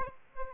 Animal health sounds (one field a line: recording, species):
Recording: mosquito wingbeat signal from an infrared sensor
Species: Aedes aegypti